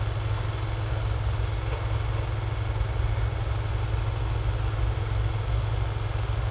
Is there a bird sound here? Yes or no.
no